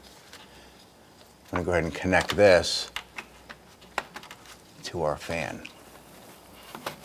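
A wiring harness connector is handled next to the radiator cooling fan motor connector on a 2004-2008 Acura TL, after being run over the lower radiator hose. Someone talks while light taps and clicks of plastic handling are heard. Nothing has seated or clicked into place yet.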